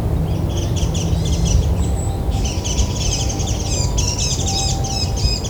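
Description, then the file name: Warbling white-eye song: rapid, high twittering warbles run almost nonstop over a steady low rumble. "mejiro"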